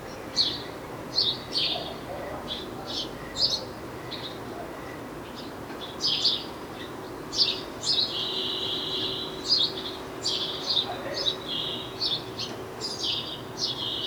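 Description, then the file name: House sparrow calls, a long steady series of sharp chirps, some slurred or doubled, coming every half second to second, over a low background hum. "Passer domesticus"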